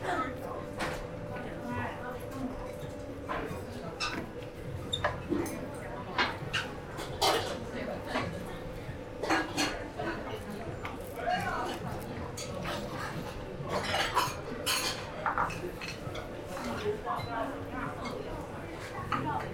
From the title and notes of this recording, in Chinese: 去香饵胡同吃小面｜城市声音。下午。